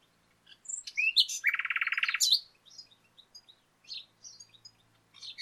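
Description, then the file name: Common nightingale song featuring a harsh, rapidly pulsed buzzy rattle, followed by quieter scattered chirps and short whistles. "Luscinia megarhynchos"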